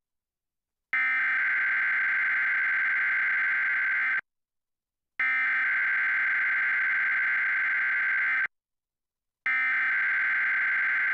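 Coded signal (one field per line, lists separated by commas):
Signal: Emergency Alert System (SAME) tones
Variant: header bursts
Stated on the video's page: Tornado drill alerts received in Virginia.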